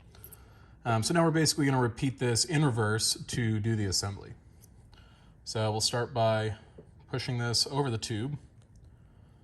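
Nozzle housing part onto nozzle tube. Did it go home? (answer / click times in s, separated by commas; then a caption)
no / none. During reassembly of a Barrel Monkey nozzle, the nozzle housing part is being pushed over the nozzle tube while someone talks, with a few faint, brief handling ticks between the speech. The clip ends before the part goes home; nothing has clicked or seated yet.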